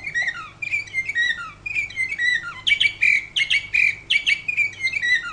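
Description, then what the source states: Canary song: rapid varied warbling phrases of chirps and trills, with bursts of repeated notes. Champion canary.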